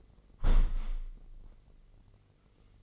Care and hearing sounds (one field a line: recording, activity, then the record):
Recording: daily activity, microphone in the room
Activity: close window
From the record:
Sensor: 4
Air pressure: 996.5 hPa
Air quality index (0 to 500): 73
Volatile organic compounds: 3 ppm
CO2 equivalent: 1368 ppm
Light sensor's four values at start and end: 20/53/20/22 and 20/53/20/22